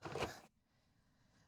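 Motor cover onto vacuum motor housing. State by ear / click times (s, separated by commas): not seated / none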